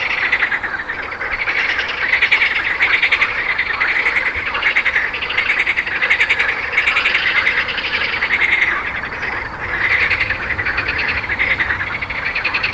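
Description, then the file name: Frog chorus, many overlapping trilled and pulsed calls forming a steady, loud wall of sound. "grenouilles"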